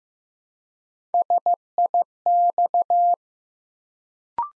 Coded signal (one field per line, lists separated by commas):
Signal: Morse code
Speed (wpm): 15 wpm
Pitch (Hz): 700 Hz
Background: none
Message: SIX